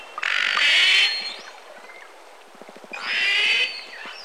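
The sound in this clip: Whale calls: two harsh, buzzy bursts with layered tones, about two seconds apart, with faint clicking heard in the gap between them.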